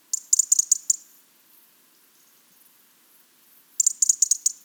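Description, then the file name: European robin uttering a fast series of dry ticks, then silence for nearly three seconds before another rapid run of clicks. "Erithacus rubecula"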